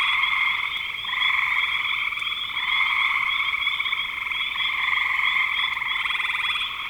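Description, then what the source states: Frog chorus of many overlapping trilled calls, an unbroken pulsing drone that rises and falls slightly in loudness throughout. Recorded in spring 2025.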